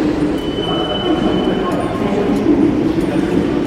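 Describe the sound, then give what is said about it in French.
A RER line B commuter train rumbles steadily and loudly through the underground Les Halles station in Paris, with a thin, high metallic whine running above the dense roar and faint voices murmuring beneath it. “Nous débutons notre exploration au cœur de la capitale, dans les couloirs de la station Les Halles, sur la ligne B du RER.”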